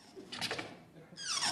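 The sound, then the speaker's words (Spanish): A voice imitates an apartment door creaking as it is about to be opened: a strained, high-pitched squeak wavers briefly, then a second, louder creak slides steadily downward in pitch. “De esas puertas que rechinan antes de que las abra.”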